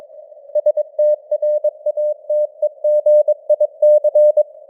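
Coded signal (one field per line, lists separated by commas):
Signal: Morse code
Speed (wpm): 22 wpm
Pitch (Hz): 600 Hz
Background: none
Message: STRATEGIC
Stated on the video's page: News headlines sent in Morse at 22 wpm with simulated radio noise and varying signal strength (QSB).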